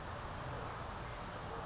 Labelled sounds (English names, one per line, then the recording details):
California Towhee
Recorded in Sonoma County, California